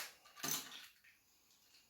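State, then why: Not seated. The plastic head of a transforming seeker jet toy robot is handled as it is flipped up toward its torso, with a burst of light plastic rattling and scraping around 0.4 s followed by quieter handling noise. Nothing has seated or clicked into place yet.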